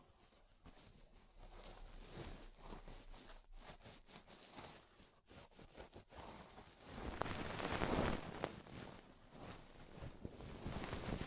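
Ear cleaning with rhinestone and clay removal: soft, dense scratching and rustling rubs against the microphone, with brief pauses near 0.5, 3.5 and 5 seconds. After about 7 seconds the sounds grow louder and brighter, with crisp crackles continuing to the end.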